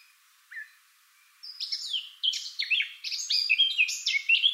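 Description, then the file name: Eurasian blackcap singing, one brief note followed by a pause, then a fast rich warble of mixed fluty and scratchy notes building in volume. "Sylvia atricapilla"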